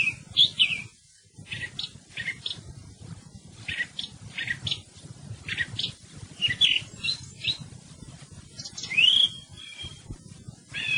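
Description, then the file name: Thrush singing a run of short, varied whistled and chirpy notes, with a brief rising whistle near the end over faint low background noise. "TORDO"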